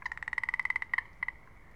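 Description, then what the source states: Pacific chorus frog giving a rapid series of many short pulsed notes, then a few more pulses after brief pauses. Spring at Olympic National Park, as clouds part, temperatures warm and rains become less frequent.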